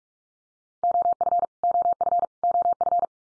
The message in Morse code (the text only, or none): OF OF OF